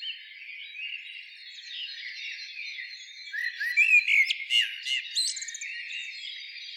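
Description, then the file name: Common blackbird song, quiet and rambling at first, then a brief louder burst of thin whistled and chirped notes in the second half. "Turdus merula"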